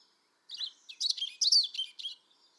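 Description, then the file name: European robin song: a short burst of high, thin, tumbling twittered notes, varied and rapid, against a quiet background. "Erithacus rubecula"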